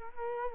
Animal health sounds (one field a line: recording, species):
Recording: mosquito wingbeat signal from an infrared sensor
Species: Culex quinquefasciatus